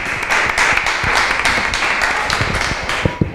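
Steady audience applause, a dense wash of many hands clapping at once, loud and continuous with a few sharper individual claps standing out near the end.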